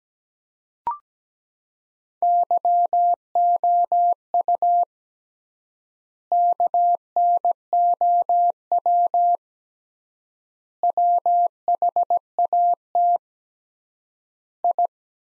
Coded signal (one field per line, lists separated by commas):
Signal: Morse code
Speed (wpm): 17 wpm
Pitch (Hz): 700 Hz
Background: none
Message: YOU KNOW WHAT I